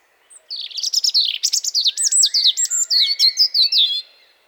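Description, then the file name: European robin delivering one long, rich phrase of rapid, high, fluting notes with quick pitch changes, about three and a half seconds long. "Erithacus rubecula"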